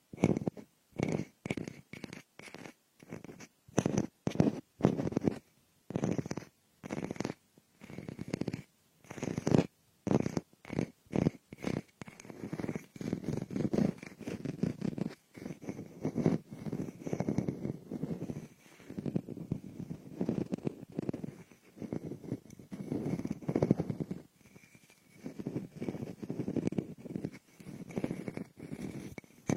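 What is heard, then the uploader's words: Scratchy picking on a frosted bath ball comes in rapid, closely spaced bursts, choppy early on and then denser and more continuous throughout. Frosted Bath Ball Ear Picking Experience.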